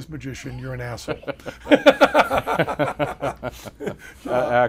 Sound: laughs